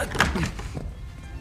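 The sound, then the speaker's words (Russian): A door swings shut with a dull thud, followed by a second softer knock and a low rumble of room noise. “Он слышит, как закрывается дверь и идет через комнату на звук.”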